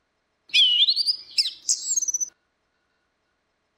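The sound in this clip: Orange-headed thrush song, one brief phrase of under two seconds, a rising slurred whistle followed by sharp higher notes, then silence.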